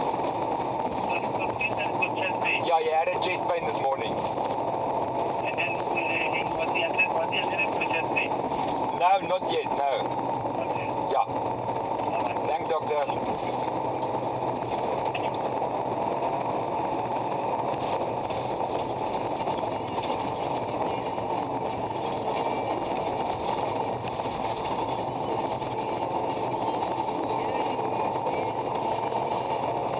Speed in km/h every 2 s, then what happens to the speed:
118, 112, 111, 112, 111, 105, 98, 103, 109, 116, 118, 114, 112, 112, 109.
0-12 slows to 98. 12-19 speeds up to 118. 19-30 slows to 109.